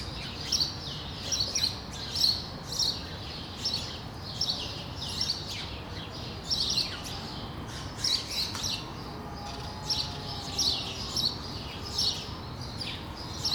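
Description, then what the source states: Sparrows chirping in quick clustered bursts, many overlapping notes, over a constant low rumble. Several sparrows on Rue de l'épargne, Brussels, Belgium, recorded on World Sparrow Day with Lom mikroUši AB microphones into a Deity PR-2 recorder.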